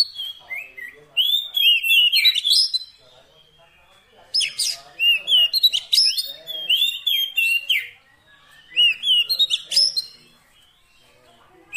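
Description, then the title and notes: Oriental magpie-robin song arriving in three loud bursts of varied whistling and rapid trills, with quieter gaps between them. Long-duration fill-in (isian) song of kacer, meant to make the bird sing energetically (gacor) day and night. "Kacer Jadi Gacor Siang Malam. Isian Kacer"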